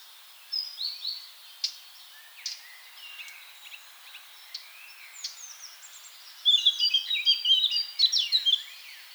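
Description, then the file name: Eurasian blackcap song: quiet scratchy twittering that swells into a loud, fast fluting phrase near the end. "Sylvia atricapilla"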